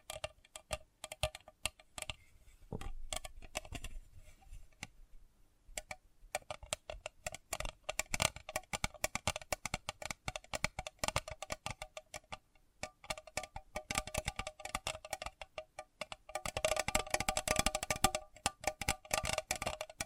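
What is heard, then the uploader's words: Sensitive tapping: quick, light clicks in dense irregular runs, much like typing on a keyboard. Brief pauses near 5 and 12 seconds break the stream, and the tapping grows busiest and brightest around 16 to 19 seconds. Sensitive Tapping.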